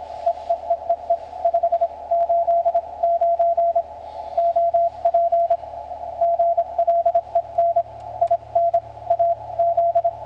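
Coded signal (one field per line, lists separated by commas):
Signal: Morse code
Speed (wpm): 27 wpm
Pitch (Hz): 680 Hz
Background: none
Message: EEEEE 589 OP GLEN IN AZ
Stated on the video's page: CW contact on 14.007 kHz between a station and a mobile station.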